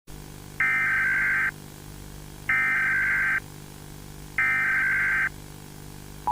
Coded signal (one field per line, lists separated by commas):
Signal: Emergency Alert System (SAME) tones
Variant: header bursts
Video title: EAS Scenario: Yellowstone’s Eruption (Analog Horror)